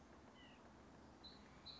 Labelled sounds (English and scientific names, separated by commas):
White-breasted Nuthatch (Sitta carolinensis)